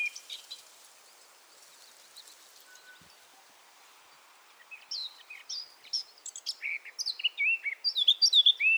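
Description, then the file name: Eurasian blackcap song: a brief burst of notes, several quiet seconds, then a series of clear whistled and warbled notes rising in loudness through the last four seconds. "Sylvia atricapilla"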